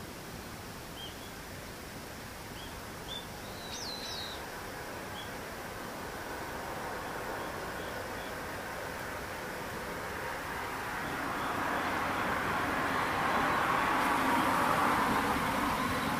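A bird gives a few brief, thin chirps in the first five seconds, with one quick rising call near the four-second mark. A steady low rumble runs throughout and swells from about ten seconds on, like a passing vehicle, growing louder to the end.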